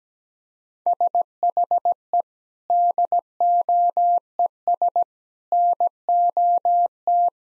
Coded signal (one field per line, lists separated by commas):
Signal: Morse code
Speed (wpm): 17 wpm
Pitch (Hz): 700 Hz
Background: none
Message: SHE DOES NOT